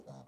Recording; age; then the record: pig call; piglet (1 to 25 days)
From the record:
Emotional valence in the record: negative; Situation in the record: short isolation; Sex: female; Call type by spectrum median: low-frequency call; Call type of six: low-frequency stable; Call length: 0.27 s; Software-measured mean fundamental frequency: 64 Hz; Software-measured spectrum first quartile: 170 Hz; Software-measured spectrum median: 404 Hz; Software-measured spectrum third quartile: 766 Hz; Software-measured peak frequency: 140 Hz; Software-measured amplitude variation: 130 dB a second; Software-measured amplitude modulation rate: 14.7 a second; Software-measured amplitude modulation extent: 8.9 dB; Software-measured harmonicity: 0.7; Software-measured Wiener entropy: -0.03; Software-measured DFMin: 1464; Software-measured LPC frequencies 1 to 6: 644, 3714, 4217, 5652, 6507, 7916 Hz